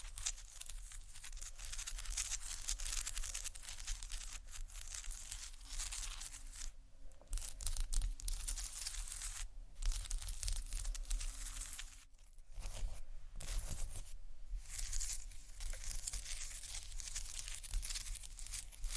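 Tiles being scratched: a dense, bright, raspy scraping that runs almost without pause, made of quick rough strokes. It breaks off briefly near seven seconds and again around twelve and fourteen seconds, with a low rumble underneath throughout.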